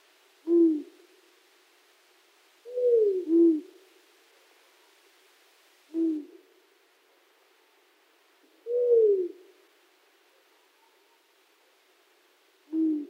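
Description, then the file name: Long-eared owl giving low, short hoots at irregular spacing, some single and some in quick pairs or slurred, falling notes, in an otherwise quiet background. "Long-eared Owl"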